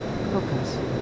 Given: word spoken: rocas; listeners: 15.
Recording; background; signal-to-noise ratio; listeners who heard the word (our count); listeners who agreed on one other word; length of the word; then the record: one Spanish word in noise, from a listening test; speech-shaped noise; -4.4 dB; 2 of 15; 10 of 15; 0.61 s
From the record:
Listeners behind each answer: 10, 2, 1, 1, 1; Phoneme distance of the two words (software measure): 10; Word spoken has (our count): 2 syllables, 5 phonemes, stress on syllable 1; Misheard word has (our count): 2 syllables, 5 phonemes, stress on syllable 1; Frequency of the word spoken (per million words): 20.95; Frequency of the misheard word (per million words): 70.82